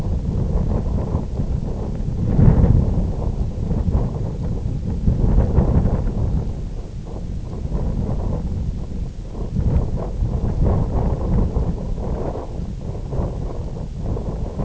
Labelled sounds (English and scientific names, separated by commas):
none